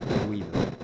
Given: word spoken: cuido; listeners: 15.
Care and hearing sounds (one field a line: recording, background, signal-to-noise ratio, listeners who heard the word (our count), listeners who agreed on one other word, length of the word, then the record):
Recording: one Spanish word in noise, from a listening test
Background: noise modulated by three-talker babble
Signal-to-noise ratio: -5.2 dB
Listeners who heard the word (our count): 0 of 15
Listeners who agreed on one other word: 7 of 15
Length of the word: 0.44 s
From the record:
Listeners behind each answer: 7, 4, 2, 1, 1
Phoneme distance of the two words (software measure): 10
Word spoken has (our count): 2 syllables, 5 phonemes, stress on syllable 1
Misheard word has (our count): 2 syllables, 5 phonemes, stress on syllable 1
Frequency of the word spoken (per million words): 1.36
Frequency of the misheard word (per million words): 46.31